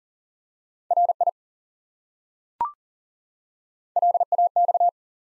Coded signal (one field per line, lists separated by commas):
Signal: Morse code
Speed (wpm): 40 wpm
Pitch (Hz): 700 Hz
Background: none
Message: RI LAX